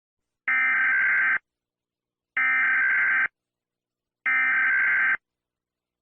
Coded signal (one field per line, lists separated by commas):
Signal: Emergency Alert System (SAME) tones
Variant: header bursts